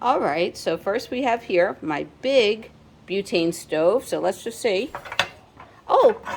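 Someone talks while handling a compact metal Eureka griddle plate over a big portable butane stove, with a brief sharp handling sound at about 5.6 s. The griddle has not snapped into place on the stove yet; nothing has seated or clicked.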